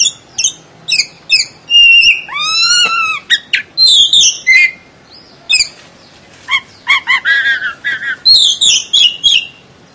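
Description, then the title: Oriental magpie-robin singing a varied medley of whistles and chattering notes, with brief pauses between phrases. "Kacer"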